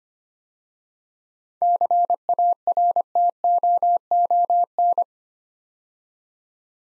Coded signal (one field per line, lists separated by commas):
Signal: Morse code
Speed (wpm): 25 wpm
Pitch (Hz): 700 Hz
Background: none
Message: CARTOON